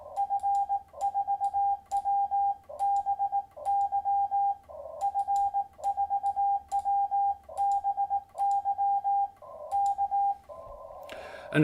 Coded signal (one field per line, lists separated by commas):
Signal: Morse code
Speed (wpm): 18 wpm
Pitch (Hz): 800 Hz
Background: none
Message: F4WBY F4WBY K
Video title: Xiegu G90 Ham Radio First Impressions Livestream.